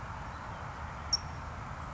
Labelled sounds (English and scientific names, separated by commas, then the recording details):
California Towhee (Melozone crissalis)
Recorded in Sonoma County, California